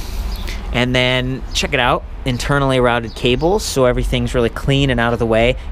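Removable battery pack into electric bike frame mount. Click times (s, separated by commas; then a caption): 0.5 s. The removable battery pack of a Felt Sport E 85-HP electric bike is set onto its frame mount and pushed down until it locks, so it won't come loose. A short sharp click comes at 0.5 s, showing the battery has seated. Someone talks throughout.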